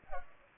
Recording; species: mosquito wingbeat signal from an infrared sensor; Culex pipiens